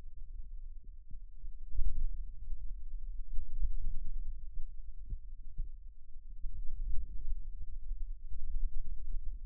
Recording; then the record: forearm muscle sounds (acoustic myography)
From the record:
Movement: radial deviation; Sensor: system 2, bracelet of six BSWA MPA416 microphones around the upper forearm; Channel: 1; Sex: male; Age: 22 years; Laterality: right